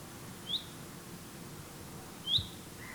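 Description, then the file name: Common chaffinch calls, two brief sharp high notes about two seconds apart against quiet low background noise. "Fringilla coelebs"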